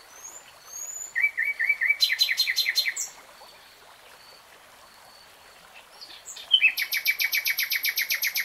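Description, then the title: Nightingale singing: a run of soft piping notes leading into fast repeated notes, a pause, then another long series of rapid pulsed notes. Nightingale singing in real time. "[Tiếng chim hót] 3 Hours REALTIME Nightingale Singing"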